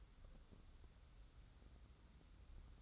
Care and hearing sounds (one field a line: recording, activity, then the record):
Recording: daily activity, microphone in the room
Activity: take from stove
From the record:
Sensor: 3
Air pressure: 994.4 hPa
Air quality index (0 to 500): 211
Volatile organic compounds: 1000 ppm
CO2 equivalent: 7032 ppm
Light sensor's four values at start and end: 197/474/199/198 and 197/474/199/198